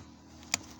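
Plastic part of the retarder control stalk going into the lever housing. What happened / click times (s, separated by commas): The plastic part clicked into place / 0.5 s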